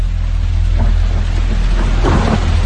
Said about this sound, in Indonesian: Air hujan mulai jatuh membasahi tempat itu.